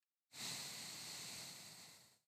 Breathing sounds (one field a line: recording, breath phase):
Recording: one breath near a microphone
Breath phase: exhalation